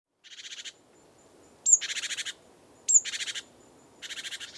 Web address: SETE Parus major